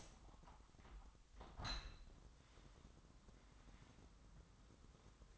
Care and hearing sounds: daily activity, microphone in the room; open window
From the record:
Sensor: 3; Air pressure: 997.9 hPa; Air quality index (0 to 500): 133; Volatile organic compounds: 4 ppm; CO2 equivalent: 1580 ppm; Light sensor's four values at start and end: 14/42/17/15 and 14/42/17/16

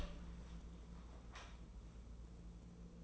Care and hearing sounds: daily activity, microphone in the room; open door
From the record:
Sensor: 1

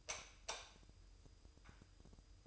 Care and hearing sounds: daily activity, microphone in the room; light off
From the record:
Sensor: 2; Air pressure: 988.2 hPa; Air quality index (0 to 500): 190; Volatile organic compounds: 178 ppm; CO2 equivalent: 4135 ppm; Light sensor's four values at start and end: 12/35/14/14 and 7/17/7/7

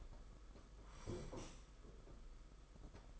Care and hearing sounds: daily activity, microphone in the room; sit down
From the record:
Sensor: 5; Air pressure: 991.8 hPa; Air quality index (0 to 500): 140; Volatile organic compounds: 118 ppm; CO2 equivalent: 3862 ppm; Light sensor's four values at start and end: 32/107/40/42 and 32/108/40/43

